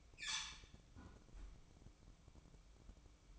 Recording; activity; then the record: daily activity, microphone in the room; close fridge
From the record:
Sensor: 1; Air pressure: 1007.8 hPa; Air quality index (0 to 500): 101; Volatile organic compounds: 1 ppm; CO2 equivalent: 861 ppm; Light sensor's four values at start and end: 12/29/12/13 and 12/29/12/13